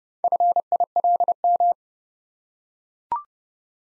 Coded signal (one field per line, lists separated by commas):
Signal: Morse code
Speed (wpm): 32 wpm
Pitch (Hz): 700 Hz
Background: none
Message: FILM